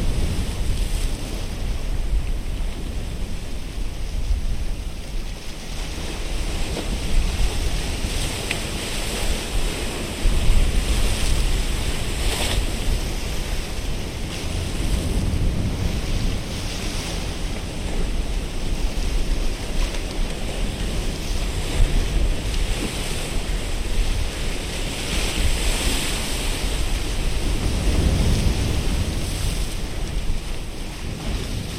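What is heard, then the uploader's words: Ocean water surges against sea wall rocks in a steady, dense wash, with swells rising around 10, 15 and 28 seconds and wind rumbling low. Ocean surging against sea wall rocks. Recorded by Alan Cook.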